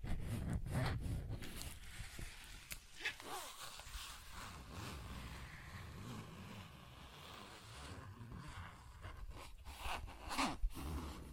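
Zipper and scratching sounds fill the clip: quick, bright rasping strokes come in bursts, thickest in the first second and again around ten seconds. Between them runs a steady low rumble with scattered soft scrapes and taps.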